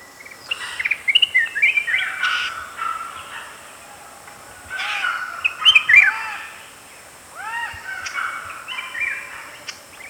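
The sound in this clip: Flame-throated bulbul song: several separate phrases of quick warbled and arched whistled notes, some lower and rounded, with pauses between them and a constant high background hiss.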